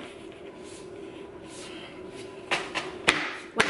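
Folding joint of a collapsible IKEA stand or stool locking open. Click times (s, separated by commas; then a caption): 3.1 s, 3.6 s. A flat-packed collapsible IKEA stand or stool is unfolded and its folding joint is pushed into the locked open position, with soft handling bumps before two sharp thuds at 3.1 s and 3.6 s. The folding mechanism pops into place and seats firmly, leaving a sturdy piece.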